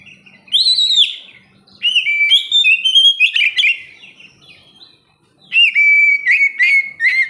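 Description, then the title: Oriental magpie-robin singing loud whistled phrases with clear rising and falling notes, delivered in three bursts separated by short pauses and soft twittering. "kacer"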